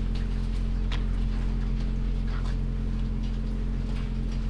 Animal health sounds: poultry house recording; sick chickens (respiratory disease)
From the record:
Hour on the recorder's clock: 20

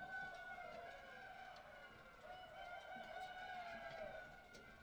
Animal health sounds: poultry house recording; healthy chickens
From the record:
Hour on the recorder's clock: 18

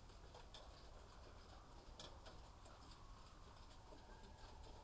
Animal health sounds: poultry house recording; healthy chickens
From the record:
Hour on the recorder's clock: 18

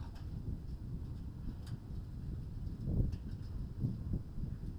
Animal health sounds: poultry house recording; no chicken sound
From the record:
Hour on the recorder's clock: 21

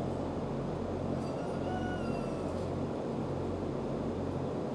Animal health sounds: poultry house recording; healthy chickens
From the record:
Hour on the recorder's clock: 16

